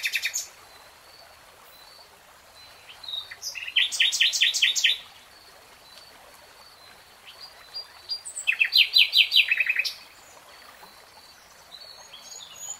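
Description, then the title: Nightingale: two main phrases, each a dense cluster of repeated rich notes lasting about two seconds, separated by several seconds of near silence. Nightingale singing in real time. "[Tiếng chim hót] 3 Hours REALTIME Nightingale Singing"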